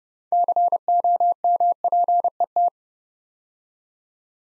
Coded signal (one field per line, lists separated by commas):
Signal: Morse code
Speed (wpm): 30 wpm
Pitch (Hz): 700 Hz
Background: none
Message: COMPET